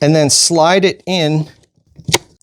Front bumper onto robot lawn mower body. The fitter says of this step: and then it snaps in place.